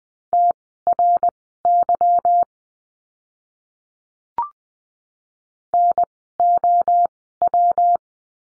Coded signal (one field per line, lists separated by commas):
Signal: Morse code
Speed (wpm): 20 wpm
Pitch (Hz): 700 Hz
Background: none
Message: TRY NOW